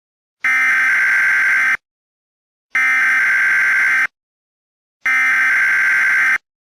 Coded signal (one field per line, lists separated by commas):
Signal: Emergency Alert System (SAME) tones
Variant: header bursts